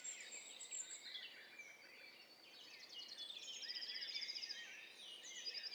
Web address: Hi Fi STEREO BIRD COCKTAIL PARTY Challenge SBCP TESTSET